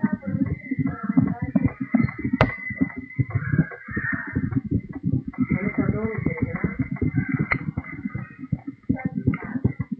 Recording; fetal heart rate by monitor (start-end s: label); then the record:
fetal heart sounds by stethoscope on the mother's abdomen
0.00-10.00 s: 159 bpm
From the record:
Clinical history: premature rupture of membranes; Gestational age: 29 weeks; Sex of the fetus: boy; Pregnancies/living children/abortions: 1/0/0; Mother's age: 38 years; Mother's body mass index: 25.5